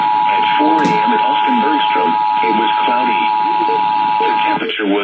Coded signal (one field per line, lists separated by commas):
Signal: Emergency Alert System (SAME) tones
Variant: 853 and 960 Hz attention tone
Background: speech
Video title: Last Monthly Test of 2022! | EAS #2458-2469